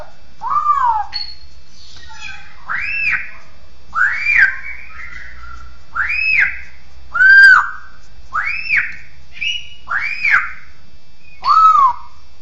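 Bird song of several arched, whistled notes with harmonics, some higher and some lower, over a faint low hum.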